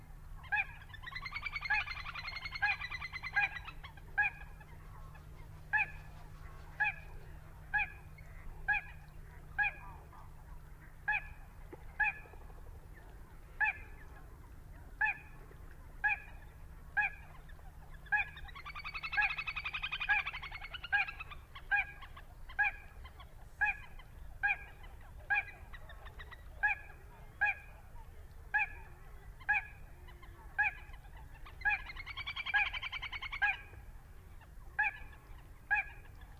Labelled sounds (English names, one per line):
Little Crake